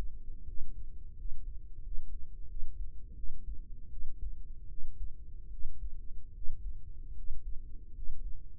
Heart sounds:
heart sounds by microphone in the right ear; 80 bpm
0.44 s: heartbeat
1.15 s: heartbeat
1.81 s: heartbeat
2.47 s: heartbeat
3.14 s: heartbeat
3.89 s: heartbeat
4.67 s: heartbeat
5.49 s: heartbeat
6.32 s: heartbeat
7.14 s: heartbeat
7.92 s: heartbeat
From the record:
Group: healthy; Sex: female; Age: 32 years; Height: 168 cm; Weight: 61.9 kg

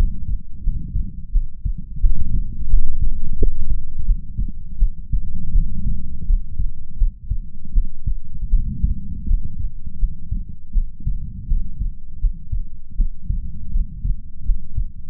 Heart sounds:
heart sounds by stethoscope; 83 bpm
0.62 s: heartbeat
1.31 s: heartbeat
1.99 s: heartbeat
2.68 s: heartbeat
3.37 s: heartbeat
4.04 s: heartbeat
4.78 s: heartbeat
5.52 s: heartbeat
6.25 s: heartbeat
6.96 s: heartbeat
7.72 s: heartbeat
8.49 s: heartbeat
9.26 s: heartbeat
9.98 s: heartbeat
10.72 s: heartbeat
11.47 s: heartbeat
12.19 s: heartbeat
12.95 s: heartbeat
13.70 s: heartbeat
14.44 s: heartbeat
From the record:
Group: healthy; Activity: cold pressor test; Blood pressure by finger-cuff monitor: 106/63 mmHg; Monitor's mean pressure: 79 mmHg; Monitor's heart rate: 81 bpm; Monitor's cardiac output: 7.2 L/min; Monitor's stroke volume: 89 mL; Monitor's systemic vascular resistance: 790 dyn s/cm5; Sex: female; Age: 26 years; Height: 165 cm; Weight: 55 kg

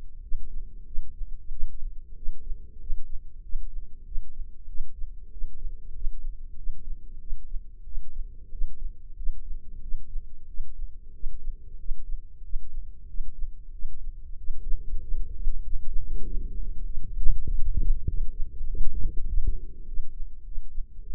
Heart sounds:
heart sounds by microphone in the right ear; 95 bpm
0.21 s: heartbeat
0.85 s: heartbeat
1.50 s: heartbeat
2.15 s: heartbeat
2.79 s: heartbeat
3.42 s: heartbeat
4.30 s: heartbeat
4.67 s: heartbeat
5.30 s: heartbeat
5.93 s: heartbeat
6.55 s: heartbeat
7.19 s: heartbeat
7.84 s: heartbeat
8.50 s: heartbeat
9.15 s: heartbeat
9.80 s: heartbeat
10.46 s: heartbeat
11.12 s: heartbeat
11.77 s: heartbeat
12.42 s: heartbeat
13.06 s: heartbeat
13.71 s: heartbeat
14.36 s: heartbeat
14.99 s: heartbeat
15.61 s: heartbeat
16.22 s: heartbeat
16.83 s: heartbeat
17.45 s: heartbeat
18.06 s: heartbeat
18.66 s: heartbeat
19.26 s: heartbeat
19.86 s: heartbeat
20.44 s: heartbeat
21.02 s: heartbeat
From the record:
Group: healthy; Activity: rest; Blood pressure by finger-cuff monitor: 106/64 mmHg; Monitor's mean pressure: 76 mmHg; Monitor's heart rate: 95 bpm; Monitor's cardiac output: 8.3 L/min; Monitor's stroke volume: 86 mL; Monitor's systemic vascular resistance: 660 dyn s/cm5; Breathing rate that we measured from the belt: 19 breaths a minute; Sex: male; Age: 19 years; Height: 178 cm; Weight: 83 kg

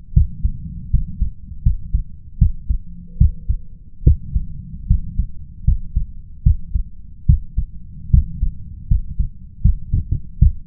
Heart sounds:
heart sounds by stethoscope; 76 bpm
0.13 s: heartbeat
0.90 s: heartbeat
1.62 s: heartbeat
2.38 s: heartbeat
3.17 s: heartbeat
4.03 s: heartbeat
4.86 s: heartbeat
5.64 s: heartbeat
6.42 s: heartbeat
7.25 s: heartbeat
8.10 s: heartbeat
8.87 s: heartbeat
9.61 s: heartbeat
10.38 s: heartbeat
From the record:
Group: healthy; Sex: male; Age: 21 years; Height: 180 cm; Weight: 67.5 kg

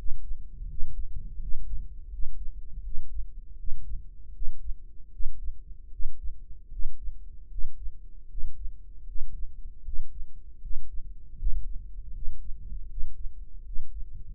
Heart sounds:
heart sounds by microphone in the right ear; 79 bpm
0.70 s: heartbeat
1.42 s: heartbeat
2.12 s: heartbeat
2.85 s: heartbeat
3.59 s: heartbeat
4.35 s: heartbeat
5.13 s: heartbeat
5.93 s: heartbeat
6.73 s: heartbeat
7.52 s: heartbeat
8.31 s: heartbeat
9.08 s: heartbeat
9.86 s: heartbeat
10.63 s: heartbeat
11.40 s: heartbeat
12.15 s: heartbeat
12.90 s: heartbeat
13.66 s: heartbeat
From the record:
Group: healthy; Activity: breath hold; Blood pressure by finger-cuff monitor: 138/81 mmHg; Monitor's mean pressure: 94 mmHg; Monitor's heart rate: 78 bpm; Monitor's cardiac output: 6.6 L/min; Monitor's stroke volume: 84 mL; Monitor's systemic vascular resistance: 1040 dyn s/cm5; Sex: male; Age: 21 years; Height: 175 cm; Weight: 72.6 kg

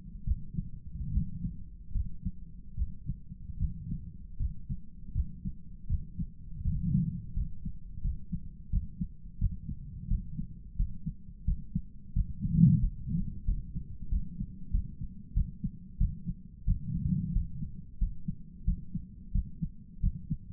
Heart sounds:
heart sounds by stethoscope; 85 bpm
0.25 s: heartbeat
1.11 s: heartbeat
1.93 s: heartbeat
2.75 s: heartbeat
3.58 s: heartbeat
4.38 s: heartbeat
5.13 s: heartbeat
5.88 s: heartbeat
6.63 s: heartbeat
7.34 s: heartbeat
8.02 s: heartbeat
8.71 s: heartbeat
9.39 s: heartbeat
10.08 s: heartbeat
10.77 s: heartbeat
11.45 s: heartbeat
12.14 s: heartbeat
12.80 s: heartbeat
13.45 s: heartbeat
14.09 s: heartbeat
14.71 s: heartbeat
15.34 s: heartbeat
15.98 s: heartbeat
16.64 s: heartbeat
17.32 s: heartbeat
17.98 s: heartbeat
18.64 s: heartbeat
19.32 s: heartbeat
20.00 s: heartbeat
From the record:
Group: healthy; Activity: rest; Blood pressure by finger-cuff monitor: 101/67 mmHg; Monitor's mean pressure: 80 mmHg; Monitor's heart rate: 85 bpm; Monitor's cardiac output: 8.2 L/min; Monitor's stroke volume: 99 mL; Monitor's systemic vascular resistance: 690 dyn s/cm5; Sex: male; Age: 57 years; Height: 188 cm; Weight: 106 kg

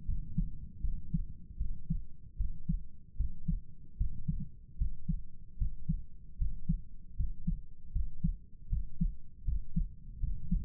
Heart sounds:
heart sounds by stethoscope; 77 bpm
0.06 s: heartbeat
0.81 s: heartbeat
1.58 s: heartbeat
2.37 s: heartbeat
3.17 s: heartbeat
3.97 s: heartbeat
4.77 s: heartbeat
5.57 s: heartbeat
6.37 s: heartbeat
7.16 s: heartbeat
7.92 s: heartbeat
8.69 s: heartbeat
9.44 s: heartbeat
10.19 s: heartbeat
From the record:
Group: healthy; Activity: rest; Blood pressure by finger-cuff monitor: 86/49 mmHg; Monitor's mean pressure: 61 mmHg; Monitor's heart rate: 75 bpm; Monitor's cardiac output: 8 L/min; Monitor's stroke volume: 101 mL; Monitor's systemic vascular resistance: 560 dyn s/cm5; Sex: male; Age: 35 years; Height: 180 cm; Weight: 86.9 kg

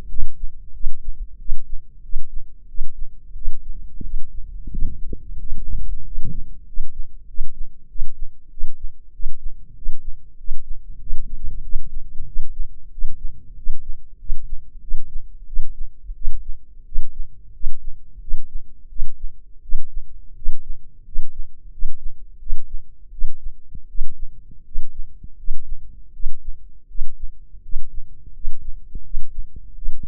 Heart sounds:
heart sounds by microphone in the left ear; 89 bpm
0.07 s: heartbeat
0.72 s: heartbeat
1.37 s: heartbeat
2.01 s: heartbeat
2.66 s: heartbeat
3.33 s: heartbeat
4.02 s: heartbeat
4.70 s: heartbeat
5.38 s: heartbeat
6.03 s: heartbeat
6.64 s: heartbeat
7.26 s: heartbeat
7.87 s: heartbeat
8.49 s: heartbeat
9.11 s: heartbeat
9.74 s: heartbeat
10.36 s: heartbeat
10.98 s: heartbeat
11.61 s: heartbeat
12.24 s: heartbeat
12.90 s: heartbeat
13.54 s: heartbeat
14.17 s: heartbeat
14.80 s: heartbeat
15.45 s: heartbeat
16.13 s: heartbeat
16.84 s: heartbeat
17.52 s: heartbeat
18.19 s: heartbeat
18.88 s: heartbeat
19.61 s: heartbeat
20.34 s: heartbeat
21.03 s: heartbeat
21.70 s: heartbeat
22.38 s: heartbeat
23.10 s: heartbeat
23.86 s: heartbeat
24.63 s: heartbeat
25.35 s: heartbeat
26.11 s: heartbeat
26.86 s: heartbeat
27.61 s: heartbeat
28.32 s: heartbeat
29.02 s: heartbeat
29.74 s: heartbeat
From the record:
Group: healthy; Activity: rest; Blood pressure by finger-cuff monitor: 145/104 mmHg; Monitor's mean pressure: 117 mmHg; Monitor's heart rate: 90 bpm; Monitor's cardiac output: 7.4 L/min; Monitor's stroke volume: 82 mL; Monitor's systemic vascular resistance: 1190 dyn s/cm5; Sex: male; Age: 23 years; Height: 179 cm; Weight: 87 kg

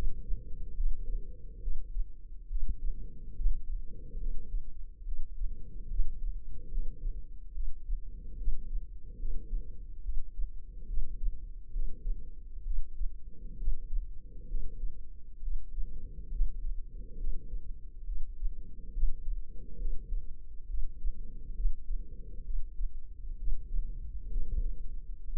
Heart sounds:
heart sounds by microphone in the left ear; 69 bpm
0.75 s: heartbeat
1.59 s: heartbeat
2.47 s: heartbeat
3.35 s: heartbeat
4.18 s: heartbeat
5.03 s: heartbeat
5.88 s: heartbeat
6.69 s: heartbeat
7.52 s: heartbeat
8.36 s: heartbeat
9.17 s: heartbeat
10.01 s: heartbeat
10.85 s: heartbeat
11.71 s: heartbeat
12.62 s: heartbeat
13.56 s: heartbeat
14.46 s: heartbeat
15.39 s: heartbeat
16.29 s: heartbeat
17.16 s: heartbeat
18.04 s: heartbeat
18.91 s: heartbeat
19.76 s: heartbeat
20.66 s: heartbeat
21.53 s: heartbeat
22.42 s: heartbeat
23.36 s: heartbeat
24.29 s: heartbeat
25.24 s: heartbeat
From the record:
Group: healthy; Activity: rest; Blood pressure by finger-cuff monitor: 103/76 mmHg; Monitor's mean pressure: 85 mmHg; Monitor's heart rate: 69 bpm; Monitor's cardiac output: 5 L/min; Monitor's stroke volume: 72 mL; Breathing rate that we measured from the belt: 23 breaths a minute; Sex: female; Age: 32 years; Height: 172 cm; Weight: 71.7 kg

